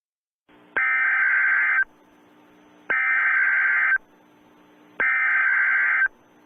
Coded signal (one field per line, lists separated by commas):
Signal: Emergency Alert System (SAME) tones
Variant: header bursts